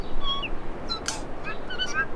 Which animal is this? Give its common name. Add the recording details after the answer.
New Zealand Bellbird. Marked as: Flatsqueak(downhook), Downhook_Flatsqueak(short), Cough(clickCUV), Alarmy(short+up), Alarmy(twobitCUV+stutter+rightio). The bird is a male. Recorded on Cuvier Island, New Zealand, on 4 November 2016. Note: LongSeqRepClicksWheezeSyllable